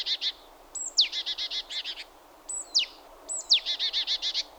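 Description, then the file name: Great tit calls: sharp high notes sliding downward, most followed by a buzzy chattering rattle. "Parus major"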